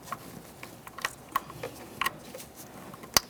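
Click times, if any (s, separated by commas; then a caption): 3.2 s. A plastic harness connector is pressed onto the camshaft position sensor on the driver's side of the valve cover of a 1998-2011 Ford Ranger 2.3L L4 during a valve cover gasket replacement. A few light ticks and small knocks come first, around 1.1, 1.4 and 2.0 seconds. Then a sharp, bright click at 3.2 seconds marks the connector seating fully.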